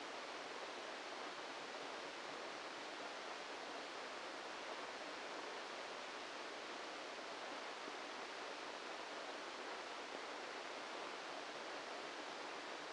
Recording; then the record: brain microelectrode recording played as sound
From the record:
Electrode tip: inside the subthalamic nucleus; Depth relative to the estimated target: -2 mm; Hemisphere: left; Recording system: NeuroSet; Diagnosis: Parkinson's disease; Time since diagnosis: 14 years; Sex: male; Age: 51 years